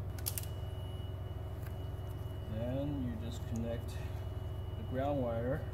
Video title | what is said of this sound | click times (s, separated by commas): Lexus IS200 / IS300 / Toyota Altezza Chasing LED door sill / Kick plate installation instructions | just clamp it down until you hear a click. | 0.3 s, 0.4 s